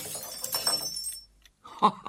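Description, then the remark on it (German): A drinking glass shatters in a bright, crackling burst with a high ringing tone trailing through it, then a short silence before another sharp clink of breaking glass. “Ha, da ist ja noch ein Glas kaputt.”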